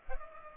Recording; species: mosquito wingbeat signal from an infrared sensor; Culex pipiens